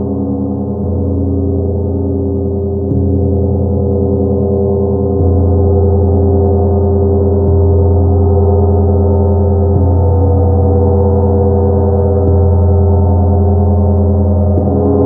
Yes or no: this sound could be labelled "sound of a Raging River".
no